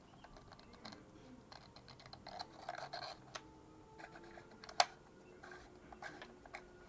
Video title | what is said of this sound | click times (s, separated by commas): How to use a film rangefinder camera | And we heard a click and a tug. And now I believe this film is off. | 4.8 s